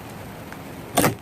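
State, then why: Seated. On a 1993–2000 Mercedes-Benz C280 (W202) with a single wiper blade, the wiper blade's locking tab is snapped in on the wiper arm. A sharp click is heard at 1.0 s over a quiet background. The locking tab seats, and the blade sits solidly on the arm.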